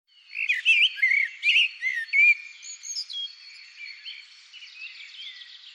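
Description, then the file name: Common blackbird song: loud fluty, looping whistled notes in quick succession, fading into softer, higher twittering, with a constant faint high hum. "Turdus merula"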